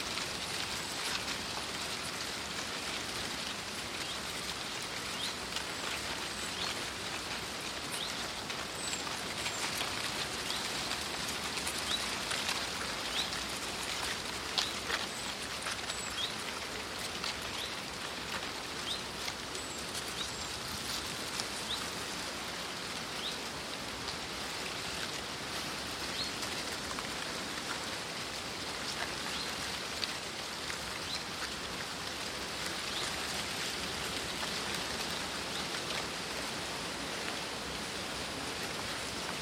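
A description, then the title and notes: Leaves of a sycamore tree in full leaf rattle and hiss continuously, a dense, bright patter much like rain. The sound holds steady for the whole stretch with only slight swells, tiny crisp ticks scattered throughout and a faint low rumble underneath. Jubilee Hill, Inside a Sycamore, Malvern Hills UK - Binaural. Recorded by Mike Rucinski. 0530h. No owls this morning, instead my ear was taken by the rattling of a medium sized Sycamore tree in full leaf... I placed the microphones up among the branches to really try and get amongst the movement of the leaves in the morning breeze.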